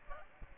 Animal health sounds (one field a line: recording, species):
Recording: mosquito wingbeat signal from an infrared sensor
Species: Aedes aegypti